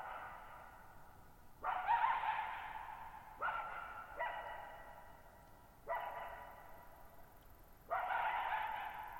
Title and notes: Lone Coyote at Thirtymile Meadows. I spent the night of July 14, 2019, camped near Thirtymile Meadows in the Okanogan National Forest at 6400 ft (1950 m)